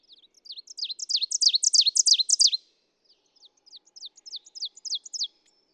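Ovenbird singing a loud run of emphatic repeated two-part notes building in strength, followed after a short pause by a fainter, similar series.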